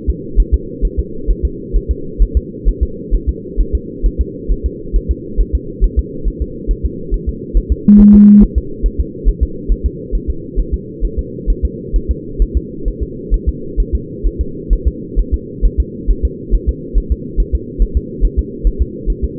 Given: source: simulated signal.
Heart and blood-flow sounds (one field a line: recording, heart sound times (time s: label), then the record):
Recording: fetal heart sounds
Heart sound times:
0.10 s: S2
0.40 s: S1
0.54 s: S2
0.85 s: S1
0.99 s: S2
1.31 s: S1
1.45 s: S2
1.76 s: S1
1.91 s: S2
2.22 s: S1
2.37 s: S2
2.69 s: S1
2.83 s: S2
3.15 s: S1
3.29 s: S2
3.61 s: S1
3.75 s: S2
4.06 s: S1
4.21 s: S2
4.52 s: S1
4.66 s: S2
4.96 s: S1
5.11 s: S2
5.41 s: S1
5.55 s: S2
5.84 s: S1
5.99 s: S2
6.28 s: S1
6.42 s: S2
6.71 s: S1
6.86 s: S2
7.14 s: S1
7.29 s: S2
7.57 s: S1
7.72 s: S2
8.00 s: S1
8.15 s: S2
8.43 s: S1
8.58 s: S2
8.86 s: S1
9.00 s: S2
9.29 s: S1
9.43 s: S2
9.72 s: S1
9.86 s: S2
10.15 s: S1
10.30 s: S2
10.60 s: S1
10.74 s: S2
11.05 s: S1
11.19 s: S2
11.50 s: S1
11.65 s: S2
11.96 s: S1
12.11 s: S2
12.42 s: S1
12.57 s: S2
12.88 s: S1
13.03 s: S2
13.34 s: S1
13.49 s: S2
13.80 s: S1
13.95 s: S2
14.27 s: S1
14.41 s: S2
14.73 s: S1
14.88 s: S2
15.19 s: S1
15.34 s: S2
15.65 s: S1
15.80 s: S2
16.11 s: S1
16.25 s: S2
16.55 s: S1
16.69 s: S2
16.98 s: S1
17.12 s: S2
17.40 s: S1
17.55 s: S2
17.82 s: S1
17.97 s: S2
18.25 s: S1
18.39 s: S2
18.67 s: S1
18.82 s: S2
19.10 s: S1
19.25 s: S2
From the record:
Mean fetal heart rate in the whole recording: 135 bpm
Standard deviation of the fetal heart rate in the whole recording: 3 bpm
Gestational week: 36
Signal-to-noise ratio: -4.3 dB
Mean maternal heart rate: 72 bpm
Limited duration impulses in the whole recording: present